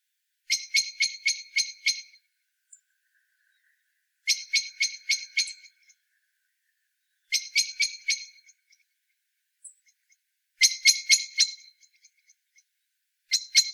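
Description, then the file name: Common blackbird uttering short rattles of rapid chak notes roughly every three seconds, with brief silences and a couple of faint high ticks between them. "Turdus merula"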